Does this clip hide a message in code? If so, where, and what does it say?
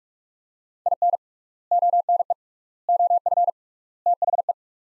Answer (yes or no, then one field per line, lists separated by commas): yes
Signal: Morse code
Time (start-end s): 0.9-4.5 s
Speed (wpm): 46 wpm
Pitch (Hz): 700 Hz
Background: none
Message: IN ONE OF THE